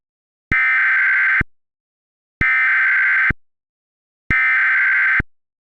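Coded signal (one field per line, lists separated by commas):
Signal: Emergency Alert System (SAME) tones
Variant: header bursts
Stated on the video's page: Fictional EAS scenario alert.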